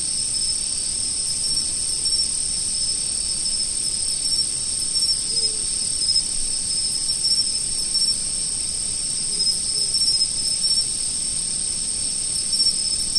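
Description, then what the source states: Insects keep up an unbroken shrill chorus of overlapping trills, evenly sustained. Autumn.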